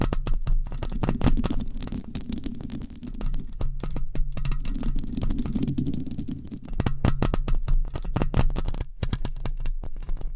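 Long nails scratch across microphones in quick, dense strokes, each one a sharp crackling burst that fills the whole clip with little pause. A low rumbling thump swells beneath the scratching around two to three seconds and again near five to six seconds.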